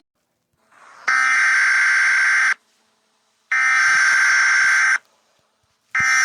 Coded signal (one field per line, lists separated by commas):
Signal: Emergency Alert System (SAME) tones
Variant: header bursts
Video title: The Davli Planet Final Part (EAS Scenario) Fanmade @SolarBalls And @overdrivejared